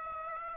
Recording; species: mosquito wingbeat signal from an infrared sensor; Aedes aegypti